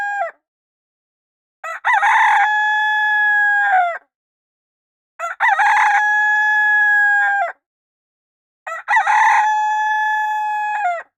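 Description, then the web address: Rooster crowing, three long harmonic cock-a-doodle-doo calls after the tail of another, each starting with stuttered notes then a sustained tone falling at the end, spaced about every three and a half seconds. "sons coq"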